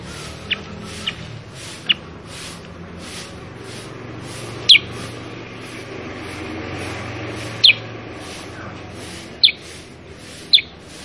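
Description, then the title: Sooty-headed bulbul calls: brief, sharp, high falling chirps repeated at irregular intervals against steady background noise. Tutor (masteran) recording for training cage birds to answer and copy its song; the bird is described as singing prolifically (gacor). "Masteran Kutilang Sutra. Kutilang Sutra mana YANG GAK NYAUT dan IKUT BUNYI GACOR dengan suara Kutilang Sutra Super GACOR Ini"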